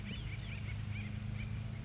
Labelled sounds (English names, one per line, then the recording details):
Acorn Woodpecker
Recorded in Sonoma County, California